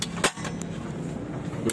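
On an aluminium 3-track sliding window, the lock's catch piece is pushed into the groove cut in the aluminium frame. Several brief knocks and taps are heard over low background noise, ending in a sharp hit at 1.7 s as the catch piece seats in the frame groove.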